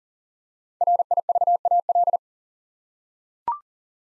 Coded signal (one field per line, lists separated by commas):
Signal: Morse code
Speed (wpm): 39 wpm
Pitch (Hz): 700 Hz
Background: none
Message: RIVAL